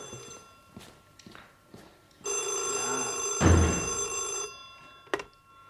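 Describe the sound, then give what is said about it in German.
A telephone bell rings in a single loud, metallic burst of about two seconds, preceded by soft scattered thumps and followed by a sharp click. “Gut, dass du so lange hast läuten lassen.”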